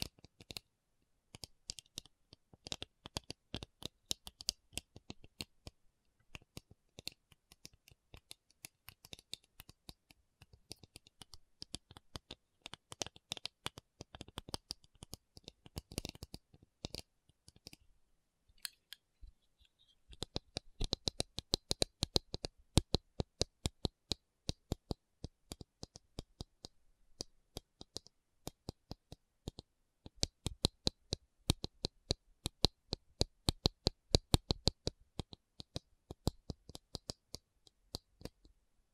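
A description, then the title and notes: A tapping session with no talking: quick, dense clicks and taps, sharp and bright, scattered irregularly throughout. The first half is softer and busier, with a brief lull near twenty seconds, after which the taps grow louder and crisper, like fingers drumming or cards riffling. Tapping Session (No Talking).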